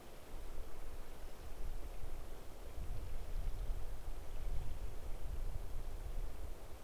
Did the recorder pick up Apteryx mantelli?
no